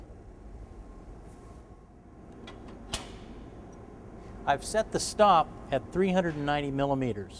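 The adjustable length stop on a vertical panel saw rail is slid along and locked at the 390 mm position. A softer tap at about 2.5 s comes just before a sharp, loud click at 2.9 s as the stop seats into place. Someone then talks.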